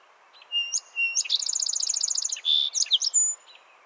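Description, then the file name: Song sparrow song: two clear whistled notes, then a rapid rattling trill, a short buzz and a few closing chips. "Melospiza melodia - Song Sparrow"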